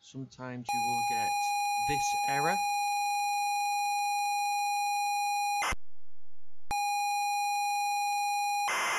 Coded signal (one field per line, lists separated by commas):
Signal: ZX Spectrum tape loading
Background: speech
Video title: ZX Spectrum 128k Auf Monty USR1 not loading FIX